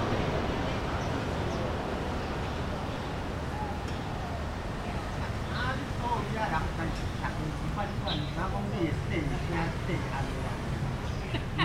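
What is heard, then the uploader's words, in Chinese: An afternoon in a city park: a steady low rumble of traffic runs throughout under scattered voices and chatter. From about the middle onward, short bright chirps, likely birds, pop up every second or so above the constant murmur. 斯文里：耳朵限定×樹德公園半日。這片格局方正，大樹林立的老公園四週，被數間主神來自雲林一帶的宮廟圍繞。2023年末的一個晴朗冬日，耳朵星人從午前到午後，遊盪於這片公園的各個角落。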